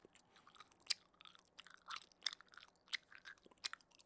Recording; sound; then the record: sound for misophonia research; chewing gum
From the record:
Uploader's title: Chewing Gum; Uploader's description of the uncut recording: Chewing Gum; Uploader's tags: Gum, Chewing, smack